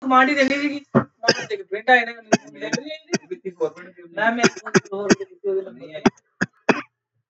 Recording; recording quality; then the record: heavy voluntary cough; poor, much background noise or distortion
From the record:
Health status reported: healthy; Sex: male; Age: 35 years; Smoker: no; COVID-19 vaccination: both doses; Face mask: not worn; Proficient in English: yes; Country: India